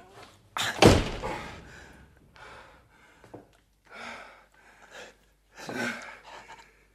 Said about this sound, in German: Ich ramme die Tür zu.